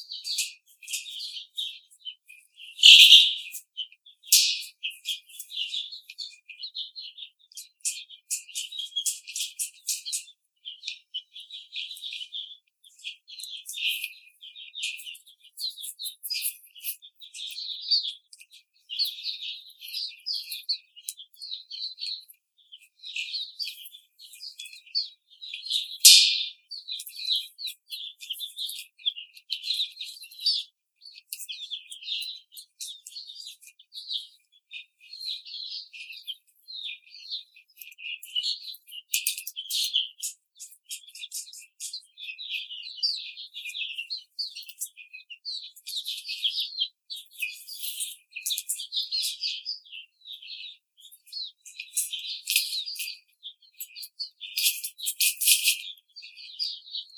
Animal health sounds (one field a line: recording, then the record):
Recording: young laying hens in a cage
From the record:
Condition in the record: treatment cage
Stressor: simulated dog barking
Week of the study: 5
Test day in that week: 1